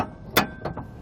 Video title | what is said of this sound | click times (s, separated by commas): etrailer - Install: Roadmaster Direct-Connect Base Plate Kit on a 2019 GMC Acadia | these will just slide in and then twist until they lock into place | 0.4 s